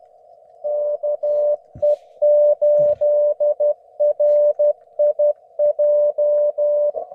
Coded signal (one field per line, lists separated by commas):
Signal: Morse code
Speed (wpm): 20 wpm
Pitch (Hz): 590 Hz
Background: none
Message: KE8RIJ